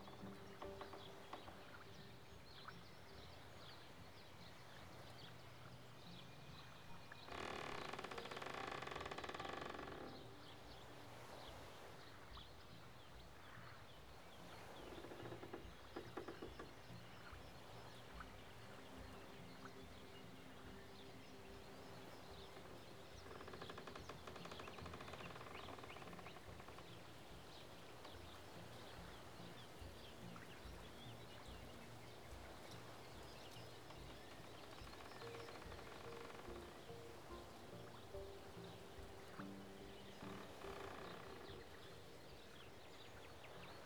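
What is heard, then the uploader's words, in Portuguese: Outdoor ambience at the edge of a Canadian lake, with a steady low rumble running throughout. A louder wash of sound swells around 7 to 10 seconds and again near 23 to 27 seconds, and faint bird chirps appear briefly near the end. Na beira de um lago canadense.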